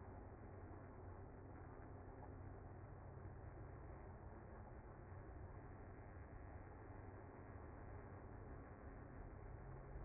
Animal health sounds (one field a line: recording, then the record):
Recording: honeybee colony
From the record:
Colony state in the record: active